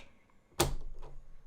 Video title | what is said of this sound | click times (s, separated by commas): How to Draw with a Cricut ⭐ Card Making Countdown Day 02 [2026] | It's like a thunk as it goes in, and that's how you know it's in the right place. | 0.6 s